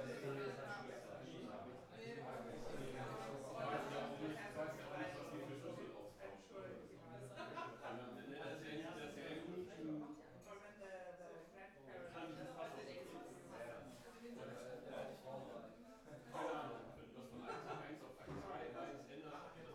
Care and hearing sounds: everyday scene through a hearing-aid microphone; many people talking; many voices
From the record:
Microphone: behind the ear, right, front

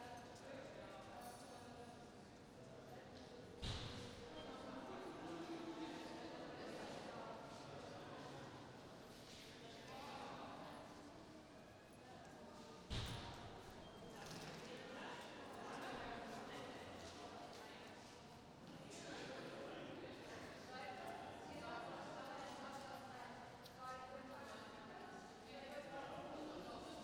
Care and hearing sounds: everyday scene through a hearing-aid microphone; reverberant space; background noise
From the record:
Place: railway station hall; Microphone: in the ear canal, right

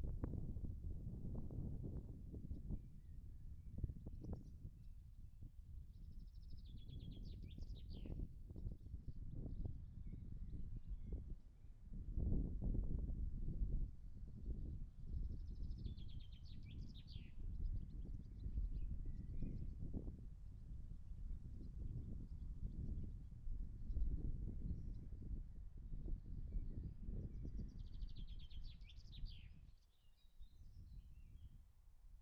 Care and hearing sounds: everyday scene through a hearing-aid microphone; wind on the microphone; wind, birds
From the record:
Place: in front of a rural house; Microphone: behind the ear, right, rear

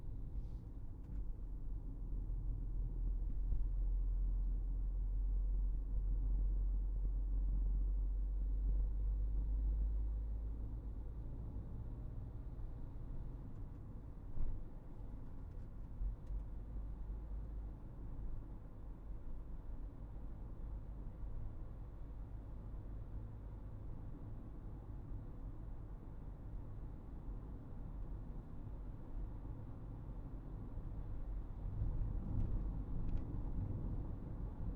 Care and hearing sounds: everyday scene through a hearing-aid microphone; in a vehicle; engine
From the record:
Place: Berlingo II, diesel engine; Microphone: behind the ear, right, front

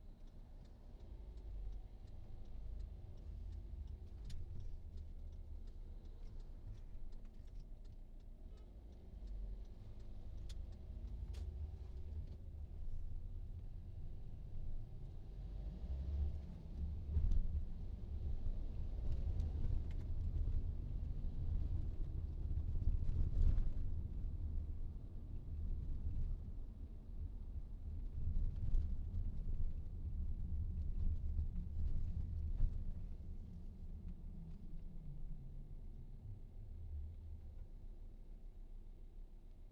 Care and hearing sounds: everyday scene through a hearing-aid microphone; in a vehicle; engine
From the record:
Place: VW T5 Caravelle, diesel engine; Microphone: in the ear canal, right

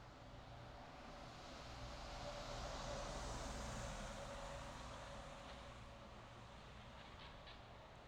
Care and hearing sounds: everyday scene through a hearing-aid microphone; in traffic; traffic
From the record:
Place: bus stop on a city main road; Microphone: in the ear canal, left

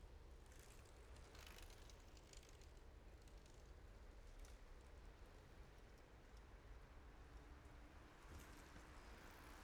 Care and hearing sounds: everyday scene through a hearing-aid microphone; in traffic; traffic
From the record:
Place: main road on the outskirts, rush hour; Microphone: behind the ear, right, front

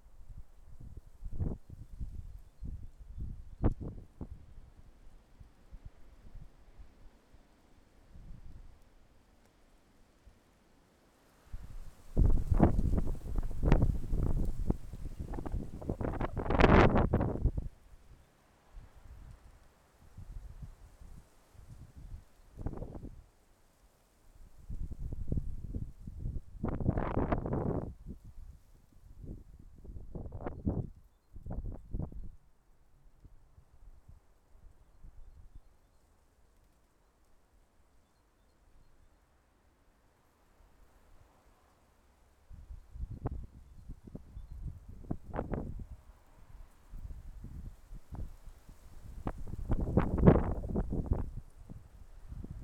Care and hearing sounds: everyday scene through a hearing-aid microphone; wind on the microphone; wind, traffic, birds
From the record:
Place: suburban garden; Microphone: behind the ear, left, front

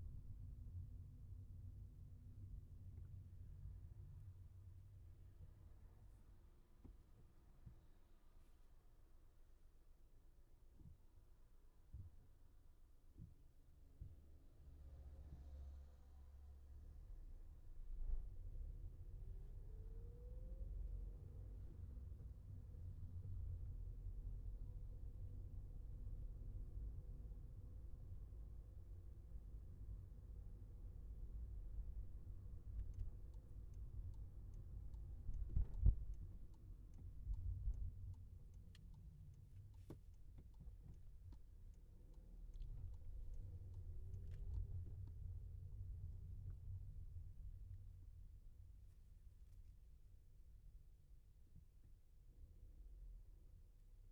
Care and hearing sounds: everyday scene through a hearing-aid microphone; in a vehicle; engine, traffic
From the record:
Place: Skoda Fabia, gasoline engine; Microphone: behind the ear, left, front

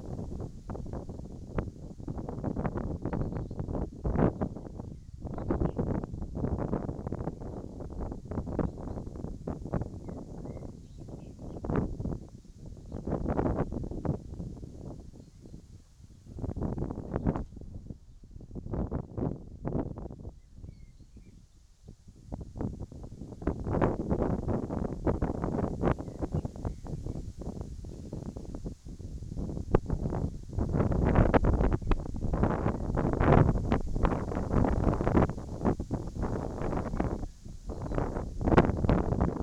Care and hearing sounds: everyday scene through a hearing-aid microphone; wind on the microphone; wind, whistling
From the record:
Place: in front of a rural house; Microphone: in the ear canal, right

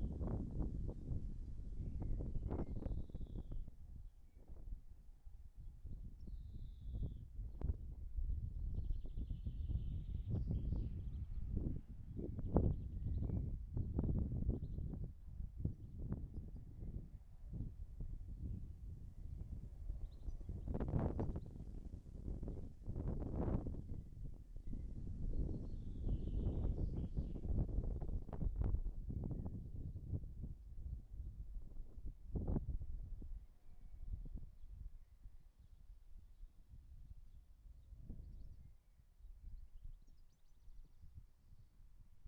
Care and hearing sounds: everyday scene through a hearing-aid microphone; wind on the microphone; wind, birds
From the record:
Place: in front of a rural house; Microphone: behind the ear, right, rear

